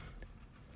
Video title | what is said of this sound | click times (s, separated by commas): GM Truck Brake pads and rotors DIY Replacement: Silverado, Sierra, Suburban GMC CHEVY | very simple that just pops right off | 0.2 s